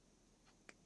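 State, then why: Seated. A plastic backing clip is pushed onto the post of a plastic safety eye poked through a crocheted tortoise head, giving a single short, sharp click at 0.7 s against quiet background. The safety eye is seated, clicked into place.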